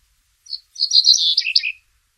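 Cinereous bunting phrase of rapid high notes after a short lead-in chirp, the notes dropping in pitch toward the close.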